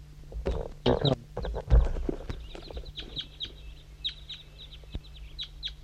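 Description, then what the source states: Crossbill flock calls, a rapid scatter of short, sharp chip notes repeated throughout, after loud thumps at the start. Flock of 10 birds, recorded from a hilltop above the hollow, around 7 o'clock.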